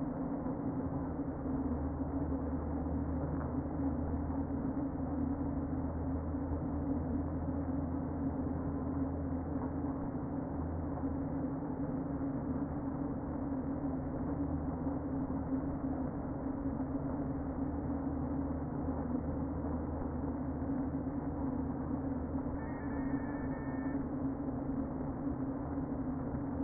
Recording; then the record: honeybee colony, microphone inside the hive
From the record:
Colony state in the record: queen present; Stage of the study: before two queens were removed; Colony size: about 60,000 bees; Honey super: yes